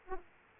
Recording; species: mosquito wingbeat signal from an infrared sensor; Aedes aegypti